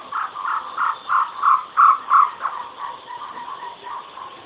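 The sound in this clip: Spotted owlet making a rhythmic run of chirring notes, roughly three a second, swelling in the middle then trailing off into softer, quicker chatter.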